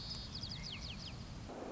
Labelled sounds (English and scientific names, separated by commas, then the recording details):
White-crowned Sparrow (Zonotrichia leucophrys)
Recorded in Sonoma County, California